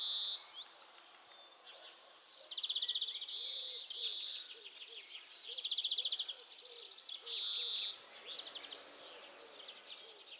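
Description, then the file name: European greenfinch giving drawn-out buzzy wheezing notes in irregular bursts, mixed with quick twittering chirps, while a soft low ticking repeats steadily underneath. "Chloris chloris"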